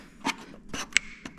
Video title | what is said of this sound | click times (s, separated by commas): 2021 F-150 Bumper Step Cap Replacement | There, you can just hear them snapping into place as I apply a little bit of pressure. | 1.0 s, 1.3 s